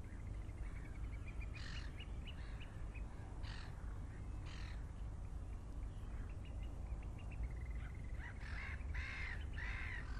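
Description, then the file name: Birds calling: a rapid series of short high notes alongside harsh, raspy caws at intervals, over a steady low rumble. "vogels"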